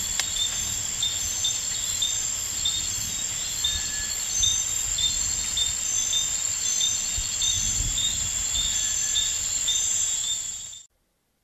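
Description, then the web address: Rain frog: brief tonal pips repeated rapidly, with occasional lower whistles over a steady high-pitched insect hum, ending abruptly. Recorded in the Ecuadorian Amazon; genus only, species unidentified. "Natures Songs. Frogs of Ecuadorian Amazon Eleutherodactylus sp"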